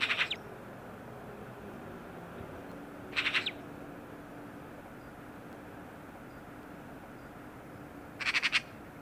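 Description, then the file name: Eurasian magpie giving harsh, rattling chatter in three short bursts of rapid grating notes, spaced several seconds apart over faint background hiss. "Pica pica"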